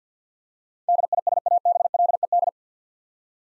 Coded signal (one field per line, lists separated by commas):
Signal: Morse code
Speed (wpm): 50 wpm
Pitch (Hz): 700 Hz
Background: none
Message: DISABLED